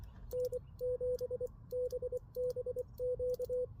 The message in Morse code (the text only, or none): N7BBQ